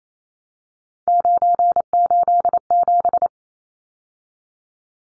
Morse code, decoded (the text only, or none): 987